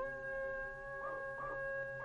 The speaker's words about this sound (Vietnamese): Bất chợt, con chó nhà ông cụ tự nhiên sủa lên inh ỏi. Một hồi thì nó chu lên cứ như là chó sói.